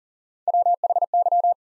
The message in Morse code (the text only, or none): WHY